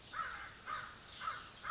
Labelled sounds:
American Crow
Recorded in Sonoma County, California

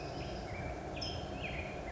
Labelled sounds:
California Towhee
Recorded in Sonoma County, California

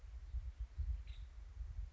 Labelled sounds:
Nuttall's Woodpecker
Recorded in Sonoma County, California

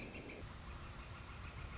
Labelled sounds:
Northern Flicker
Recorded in Sonoma County, California

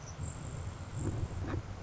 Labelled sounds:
Grasshopper Sparrow
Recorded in Sonoma County, California

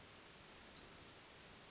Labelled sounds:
Western Flycatcher
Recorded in Sonoma County, California

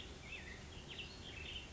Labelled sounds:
Black-headed Grosbeak
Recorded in Sonoma County, California

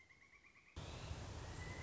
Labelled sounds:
Pileated Woodpecker
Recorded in Sonoma County, California

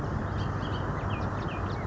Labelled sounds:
Bullock's Oriole
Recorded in Sonoma County, California

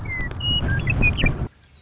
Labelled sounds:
Western Meadowlark
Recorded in Sonoma County, California

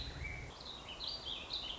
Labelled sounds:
Warbling Vireo
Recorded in Sonoma County, California

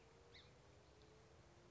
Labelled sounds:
Song Sparrow
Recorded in Sonoma County, California

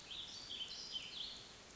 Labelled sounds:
Warbling Vireo
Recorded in Sonoma County, California

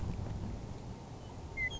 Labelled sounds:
Western Meadowlark
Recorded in Sonoma County, California

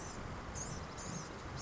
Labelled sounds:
Blue-gray Gnatcatcher
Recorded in Sonoma County, California

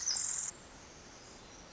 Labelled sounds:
Pacific Wren
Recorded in Sonoma County, California

